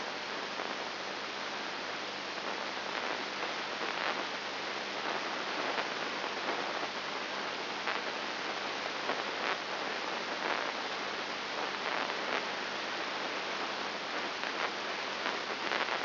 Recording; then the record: brain microelectrode recording played as sound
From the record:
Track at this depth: inside the subthalamic nucleus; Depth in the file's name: 3.301 mm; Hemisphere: left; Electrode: 2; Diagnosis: Parkinson's disease